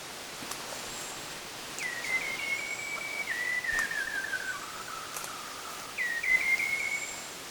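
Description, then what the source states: White-browed shama giving a long clear whistle, held level then stepping down in falling slides, with a second shorter whistle near the end. Recorded at Subic, Philippines, on 6 March 2012.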